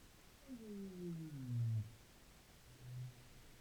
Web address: pub college France rorqual Norvege Valab Fr-20221223 034405